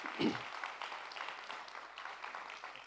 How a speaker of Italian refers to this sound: Ci piace questo? Ci piace questo 23%? Possiamo fare un applauso a Dio per questo?